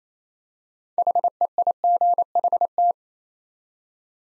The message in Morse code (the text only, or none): HEIGHT